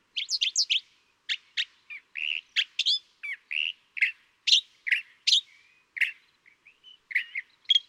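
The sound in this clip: California thrasher song of loud, clipped, scratchy notes and short whistles, each phrase distinct, delivered at an irregular, lively pace.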